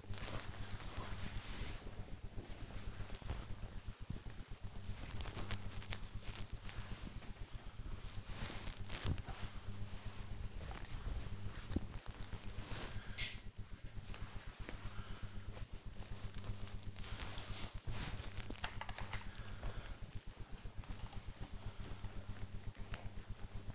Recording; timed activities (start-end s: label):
household activities, microphone on the right wrist
0.00-23.75 s: ironing laundry